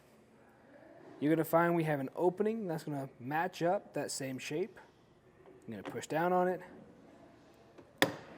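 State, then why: Seated. A plastic Yakima BaseLine roof rack base is lined up with the matching opening on a metal bar during installation on a 2025 Ram 1500 and pushed down. Someone talks, and then a single sharp click is heard at 8.0 s as the base seats into place on the bar.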